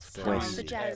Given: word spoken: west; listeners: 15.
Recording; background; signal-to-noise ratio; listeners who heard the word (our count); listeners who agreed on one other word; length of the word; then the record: one English word in noise, from a listening test; four-talker babble; 0.7 dB; 0 of 15; 8 of 15; 0.56 s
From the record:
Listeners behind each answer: 8, 1, 1, 1, 1, 1, 1, 1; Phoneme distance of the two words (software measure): 10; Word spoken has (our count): 1 syllable, 4 phonemes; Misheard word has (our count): 1 syllable, 4 phonemes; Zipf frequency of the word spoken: 5.29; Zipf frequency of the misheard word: 4.72